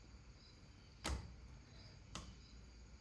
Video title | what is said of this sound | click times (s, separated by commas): LS1 Swap S13 Ep. 7 (Engine, transmission, drive shaft and more) | we get a nice click when we pop it up all the way. | 1.1 s